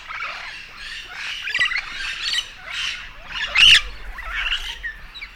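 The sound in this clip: Yellow-shouldered parrot squawks, a run of harsh raspy calls with one louder burst in the later part.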